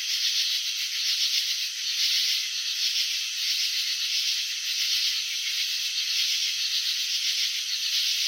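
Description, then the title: Cricket chirping heard as a continuous, rasping pulse train, rapid and even, rising and falling gently in strength with nothing else audible. Crickets chirping by vibrating their wings; recording presented in slow motion. "Crickets in Slow Motion 📷. Capturing the Elegance of Chirping"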